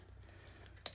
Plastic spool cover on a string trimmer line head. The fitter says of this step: you should be able to hear it click in and there